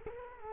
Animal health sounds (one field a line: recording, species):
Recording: mosquito wingbeat signal from an infrared sensor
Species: Culex quinquefasciatus